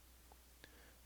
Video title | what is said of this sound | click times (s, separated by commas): 64th Scale DCP by First Gear Peterbilt 389 Lode King Distinction Grain Trailer Product Review | steering it is positional it just clicks in place the | 0.6 s